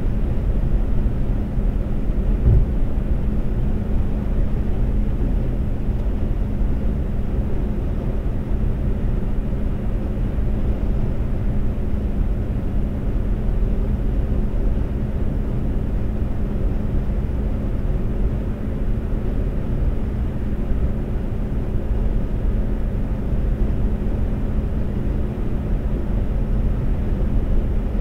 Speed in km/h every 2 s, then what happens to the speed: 127, 127, 127, 127, 127, 127, 127, 127, 126, 126, 127, 127, 127, 127.
0-28 steady at about 127.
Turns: none.